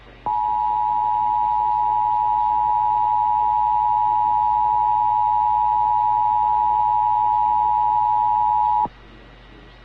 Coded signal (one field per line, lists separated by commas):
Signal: Emergency Alert System (SAME) tones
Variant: 853 and 960 Hz attention tone